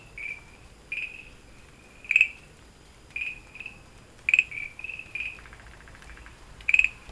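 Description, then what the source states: Frog giving sparse, short high notes every second or so, a few sharper louder calls and one faint rattling run. Recorded 24 August 2013.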